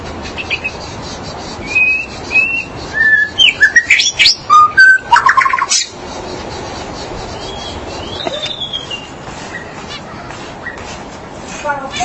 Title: Suara Burung Murai